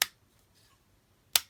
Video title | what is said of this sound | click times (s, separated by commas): Unit Robo Apple Lobster Review - Unit Roborn Machine Robo Universe | And you can hear them click in place, which is really nice. | 0.0 s, 1.4 s